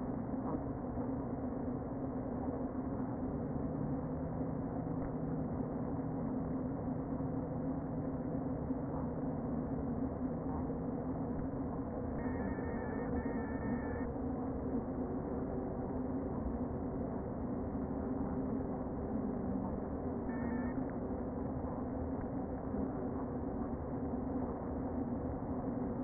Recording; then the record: honeybee colony, microphone inside the hive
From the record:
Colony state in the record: queen present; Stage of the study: before two queens were removed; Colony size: about 60,000 bees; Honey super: yes